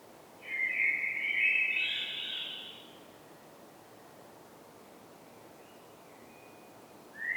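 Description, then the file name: Common blackbird song: one mellow, fluted warbling phrase, then a quiet pause before the next phrase begins at the very end. "Turdus merula"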